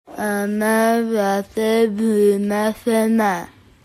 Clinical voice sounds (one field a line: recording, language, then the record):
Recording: elicited speech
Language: Bengali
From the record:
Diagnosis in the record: Broca's or global aphasia after a stroke